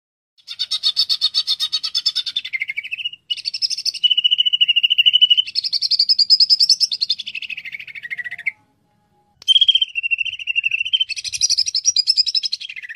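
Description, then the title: Greater green leafbird in nearly continuous chattering song, rapid trilled phrases shifting up and down in pitch, broken by a couple of brief pauses. "Cucak Ijo"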